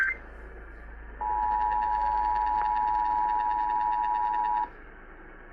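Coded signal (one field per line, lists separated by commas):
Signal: Emergency Alert System (SAME) tones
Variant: 853 and 960 Hz attention tone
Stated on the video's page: Blue alert heard on an AM radio station.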